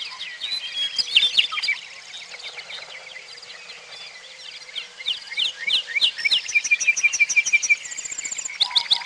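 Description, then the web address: Birds calling and singing together: busy overlapping chirps, buzzy trills and high whistles, growing into fast repeated notes in the final seconds. "Peterson North American Birds"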